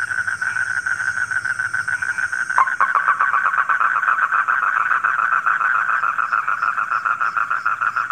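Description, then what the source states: Frogs calling in a dense chorus of fast, rasping pulses at a steady mid pitch, with a sharp knock near the three-second mark. Frogs calling at night.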